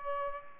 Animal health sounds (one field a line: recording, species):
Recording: mosquito wingbeat signal from an infrared sensor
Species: Aedes aegypti